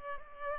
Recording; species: mosquito wingbeat signal from an infrared sensor; Culex pipiens